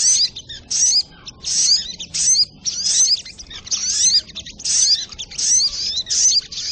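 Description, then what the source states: Spiderhunter giving busy, thin, high chatter in repeated packets. Training recording (masteran) of a sogok ontong bird singing in the labaik style.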